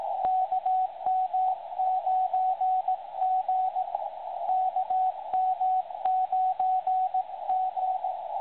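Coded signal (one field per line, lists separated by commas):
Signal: Morse code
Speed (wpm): 17 wpm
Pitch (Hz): 750 Hz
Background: radio noise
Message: KM9G KM9G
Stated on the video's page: CW received on the uSDX+, an 8-band 5W QRP all-mode software-defined HF transceiver.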